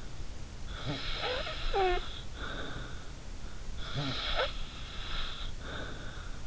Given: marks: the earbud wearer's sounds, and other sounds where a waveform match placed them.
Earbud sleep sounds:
sounds in sleep by an in-ear microphone; snoring breath
0.67-3.25 s: snoring breath
3.76-6.39 s: snoring breath

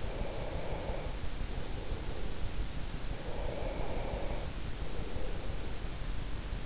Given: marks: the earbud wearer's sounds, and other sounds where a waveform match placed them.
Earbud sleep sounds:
sounds in sleep by an in-ear microphone; breath
0.13-3.07 s: breath
3.23-6.20 s: breath

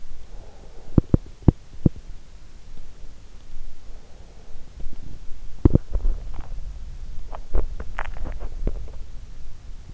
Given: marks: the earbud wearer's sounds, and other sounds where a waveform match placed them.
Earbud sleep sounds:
sounds in sleep by an in-ear microphone; breath, swallowing
0.00-1.69 s: breath
3.47-5.17 s: breath
6.37-8.74 s: swallowing

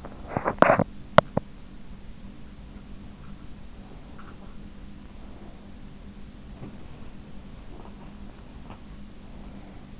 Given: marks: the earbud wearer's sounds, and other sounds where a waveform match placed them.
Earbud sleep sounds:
sounds in sleep by an in-ear microphone; teeth grinding
0.00-1.60 s: teeth grinding
3.54-9.99 s: sound from someone else or the room

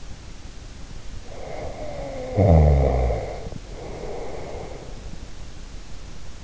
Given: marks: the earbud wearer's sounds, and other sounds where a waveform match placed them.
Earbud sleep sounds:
sounds in sleep by an in-ear microphone; snoring breath
1.08-5.15 s: snoring breath

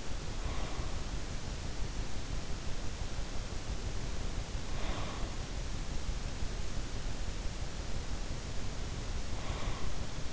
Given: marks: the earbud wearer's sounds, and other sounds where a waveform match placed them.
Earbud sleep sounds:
sounds in sleep by an in-ear microphone; breath
0.00-1.16 s: breath
4.42-5.59 s: breath
9.08-10.33 s: breath

